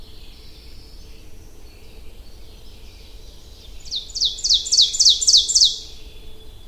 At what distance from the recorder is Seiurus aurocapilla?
about 5 m